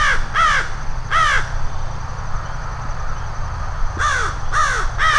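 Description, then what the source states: American crow calling with harsh, clear caws: a quick pair, a single caw, then a triplet after a long pause, over a constant low traffic rumble. Two adults calling from a tree at a lake sanctuary, with traffic in the background.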